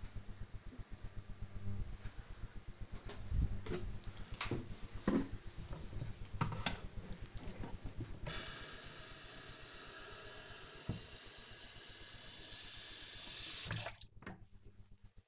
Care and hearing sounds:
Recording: household activities, microphone on the right wrist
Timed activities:
2.38-15.28 s: watering plant

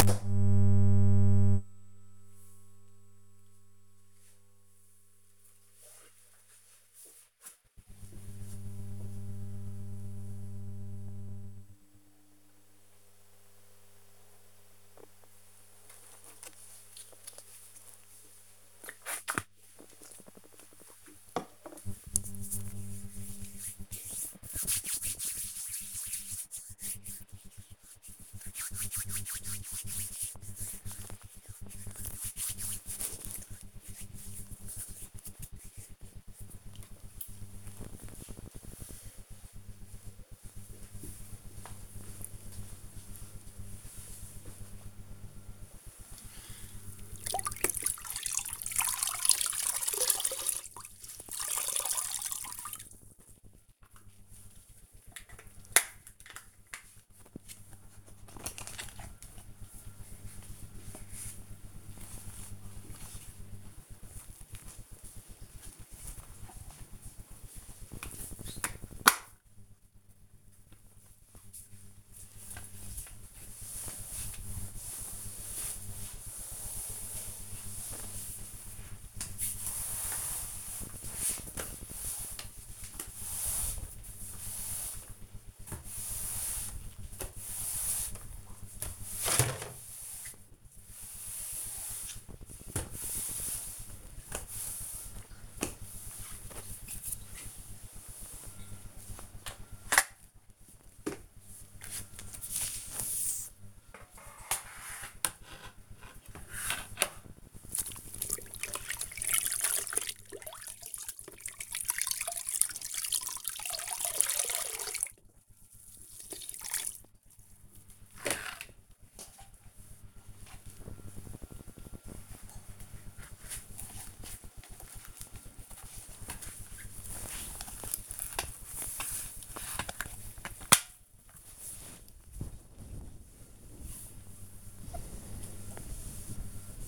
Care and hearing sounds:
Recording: household activities, microphone on the right wrist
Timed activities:
15.25-36.33 s: disinfecting hands
45.39-136.88 s: floor cleaning

